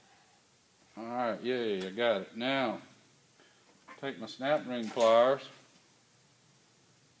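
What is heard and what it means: A snap ring is held in snap ring pliers and positioned before being snapped into its groove on a brake assembly shaft. Someone talks during the handling. Nothing has clicked or seated yet.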